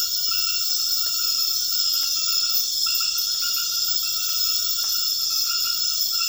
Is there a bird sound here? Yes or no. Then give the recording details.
no. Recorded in dense forest near Puerto Asís, Putumayo, Colombia, on 18 February 2024 at 00:00. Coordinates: 0.496, -76.326. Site G6383